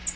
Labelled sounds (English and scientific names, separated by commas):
American Redstart (Setophaga ruticilla) flight call